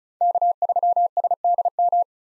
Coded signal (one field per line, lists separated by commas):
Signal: Morse code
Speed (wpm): 34 wpm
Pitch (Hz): 700 Hz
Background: none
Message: K3SDM